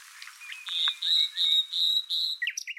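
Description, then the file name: Common nightingale song phrase: a run of five loud, evenly spaced piping notes, ending in quick twittering. "Luscinia megarhynchos"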